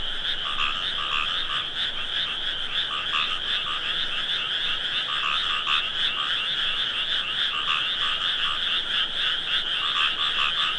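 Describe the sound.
Frog chorus, a thick wall of overlapping croaks with regular pulsed beats in the lower band, unbroken for the whole stretch.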